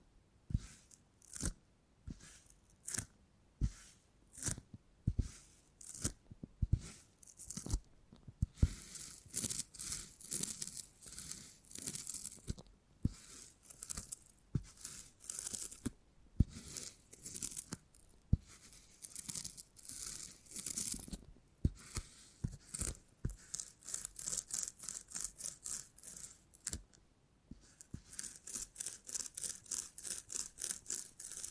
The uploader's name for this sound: Brain Tingly Sounds Using Beeswax